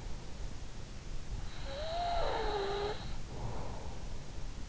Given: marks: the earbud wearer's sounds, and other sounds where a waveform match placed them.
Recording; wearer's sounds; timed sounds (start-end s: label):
sounds in sleep by an in-ear microphone; breath
1.02-3.65 s: breath